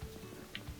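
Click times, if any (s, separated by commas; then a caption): 0.6 s. A spring steel clip is pulled down hard until it locks in, securing the drive motor to the transmission plate of a Whirlpool/Kenmore washer that won't agitate or spin. A sharp, bright click at 0.6 s stands out between dull low thumps near the start and around 0.7 s. The clip seats.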